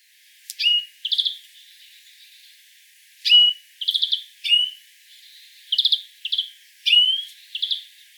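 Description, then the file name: European greenfinch: short buzzy trilled notes alternating with sharp whistled notes, given in several clusters separated by pauses. "Chloris chloris"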